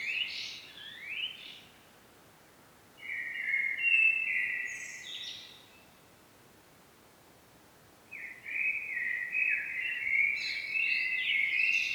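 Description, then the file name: Common blackbird song: three separate phrases of mellow fluting mixed with thin, scratchy high twitters, spaced by pauses of a few seconds. "Turdus merula"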